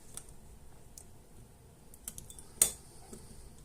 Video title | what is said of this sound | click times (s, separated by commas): Démontage Haier 816 dual sim - Réparation / teardown / disassembly | on entend le petit clic comme | 2.6 s